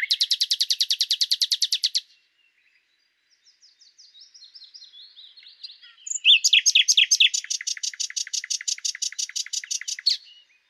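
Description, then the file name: Common nightingale song opening with a fast rattle of identical notes, then soft quiet chirps, building into a long loud rapid series of pulsed notes. "Luscinia megarhynchos"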